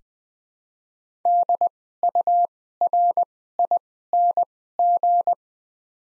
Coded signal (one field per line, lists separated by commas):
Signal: Morse code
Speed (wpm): 20 wpm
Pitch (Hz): 700 Hz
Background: none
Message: DURING